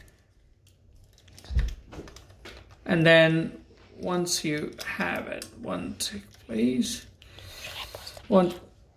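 Someone talks while handling an interchangeable mains plug adapter and a plastic Ring Doorbell Chime Pro unit, with faint plastic taps and rustles around 1.4 to 2.2 seconds and again near 7.2 to 8.1 seconds. The adapter has not yet seated or clicked into the chime unit.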